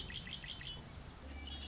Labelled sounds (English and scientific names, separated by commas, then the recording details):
Red-winged Blackbird (Agelaius phoeniceus)
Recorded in Sonoma County, California